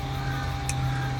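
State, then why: Seated. The large 8-pin power harness connector is pushed into the mating plug of an Axxess AXDSPX ETH1 car audio DSP interface harness. Over a steady low hum, a single short, bright click sounds at 0.7 s as it seats.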